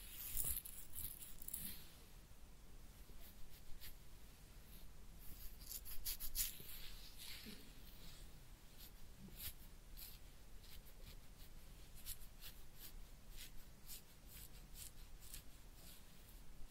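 A head massage and ear cleaning, heard as soft rubbing and scratching against a steady low hush. Brief crisp scratches and taps come every second or so, busier and brighter in the first two seconds, then settling into a quieter, regular pattern.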